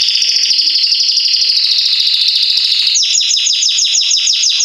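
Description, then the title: Belgian canary song, a loud steady trill slowly dropping in pitch for three seconds, then switching to a quick series of sharp, descending chipping notes. Male Belgian canary singing a lot, used to warm up young canaries in 30 minutes; 'salsa estourado' song style. "Esquente Seu Filhote E Canario Belga Em 30 Minutos Macho Cantando Muito. Canrio Belga Salsa Estourado - Esquente em 30 minutos"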